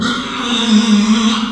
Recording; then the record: squeal of a Yucatan mini pig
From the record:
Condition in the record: after surgery on the right vocal fold (resection and tissue-engineered implant); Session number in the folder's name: 14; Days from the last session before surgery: 133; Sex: female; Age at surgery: 19 weeks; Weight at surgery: 25 kg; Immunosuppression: prednisolone